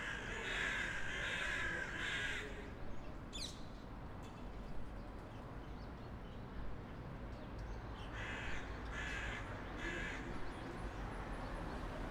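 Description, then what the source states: Crow calling a run of three hoarse caws, then a few more caws later on, against continuous low road noise. Crows in a street with cars, in a quiet setting.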